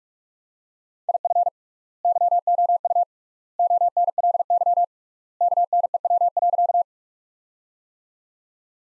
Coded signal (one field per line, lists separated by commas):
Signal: Morse code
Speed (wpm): 43 wpm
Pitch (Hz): 700 Hz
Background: none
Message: IF YOU ONLY KNEW.